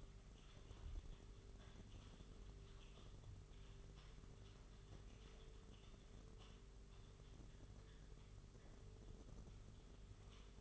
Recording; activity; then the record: daily activity, microphone in the room; typing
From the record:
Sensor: 4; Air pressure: 991.8 hPa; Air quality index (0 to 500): 120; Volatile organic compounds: 27 ppm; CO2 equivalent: 2880 ppm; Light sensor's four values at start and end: 20/65/24/24 and 20/65/24/24